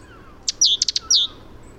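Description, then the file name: Great tit calls: a short series of sharp, high chirped notes, some slurred downward, given in one quick burst over faint background hiss. "Parus major"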